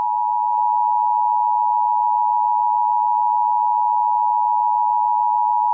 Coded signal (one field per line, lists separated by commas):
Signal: Emergency Alert System (SAME) tones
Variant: 853 and 960 Hz attention tone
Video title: Real EAS Alert #1 5/21/20